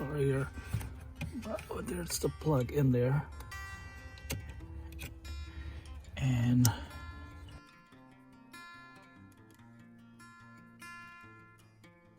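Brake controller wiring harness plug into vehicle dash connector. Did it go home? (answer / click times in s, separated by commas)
no / none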